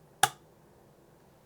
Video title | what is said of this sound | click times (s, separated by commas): How to Load Medium Format 120 film in Mamiya 645 1000s | insert push when you hear that in your no you're not when you hear the click | 0.2 s